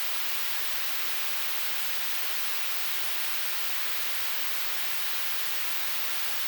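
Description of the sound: A steady, unchanging hiss, brightest in the high pitches, runs through the whole clip with no pulsing or breaks. It is a simulated tinnitus sound, imitating the constant noise-like ringing a person with tinnitus hears.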